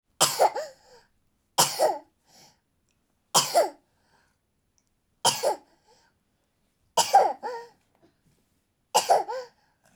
Baby Toddler Coughing.